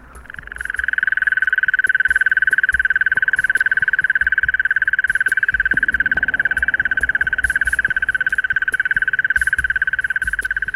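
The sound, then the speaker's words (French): A mole cricket, an orthopteran insect, sings a loud, unbroken churring trill at one steady mid-high pitch, starting after a brief pause and droning on without letup, with a faint low rumble underneath. “Cet insecte fait partie du même ordre, des orthoptères, et elle partage avec eux un goût immodéré pour le chant. C'est qu'elle chante fort”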